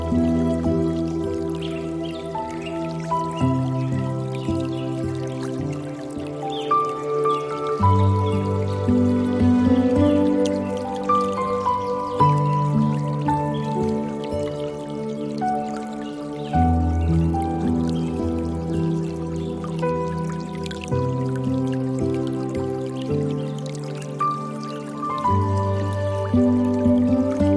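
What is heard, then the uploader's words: Soft piano and nylon guitar play slow, sustained chords that change every few seconds, with a warm low bass holding underneath and brief melodic notes above. A steady wash of dripping, trickling water runs continuously through the whole piece. Relaxing Piano And Nylon Guitar Music With Water Sounds.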